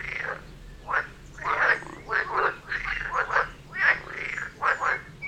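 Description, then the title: Frogs croaking in a chorus: short harsh rattled croaks from several animals, overlapping irregularly. Frog chorus near Vellerner Brook in Neubeckum at 2 pm, binaural. "Frog concert near Vellerner Brook in Neubeckum - 2pm"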